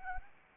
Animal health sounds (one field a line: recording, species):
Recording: mosquito wingbeat signal from an infrared sensor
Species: Anopheles arabiensis